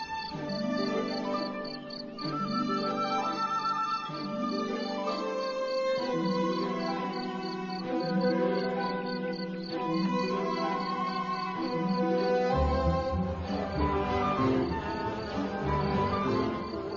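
Crickets in the forests of the Biebrza in Poland chirp in a steady, rapid, high-pitched pulsing trill that runs the whole time, layered over sustained orchestral-sounding music with no talking; such crickets can be heard from great distances.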